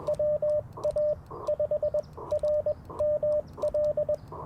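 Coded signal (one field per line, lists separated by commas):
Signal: Morse code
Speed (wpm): 21 wpm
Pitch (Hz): 590 Hz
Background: radio noise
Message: WA5RML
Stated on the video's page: Live early-morning QRP CW Parks on the Air activation in a national forest, using an Icom IC-705, Alex Loop antenna and paddle key.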